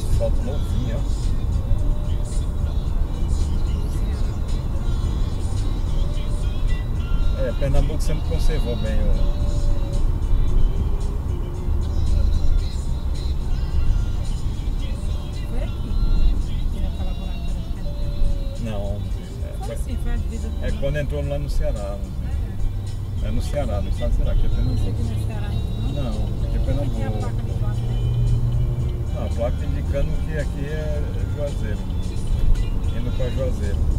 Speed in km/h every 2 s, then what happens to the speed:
95, 98, 101, 104, 103, 98, 94, 89, 78, 70, 67, 66, 70, 76, 81, 86, 89.
0-8 speeds up to 103. 8-21 slows to 66. 21-34 speeds up to 89.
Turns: none.